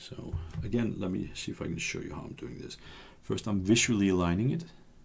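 Someone talks while lining up a flex or board-to-board connector by eye over its mating socket on the main board of a stripped-down GoPro 9 action camera during reassembly. A single faint tap is heard, but nothing has seated or clicked yet.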